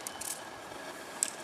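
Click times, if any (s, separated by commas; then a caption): 1.2 s. A shock-corded tent pole is shaken so its sections pull together, with a section snapping into its neighbouring section's ferrule. Faint light clatters at about 0.1 and 0.2 s are followed by a sharp, bright click at 1.2 s with a small rattle just after. The pole section seats at 1.2 s.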